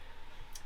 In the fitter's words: this might keep the children out a little bit better because it actually locks into place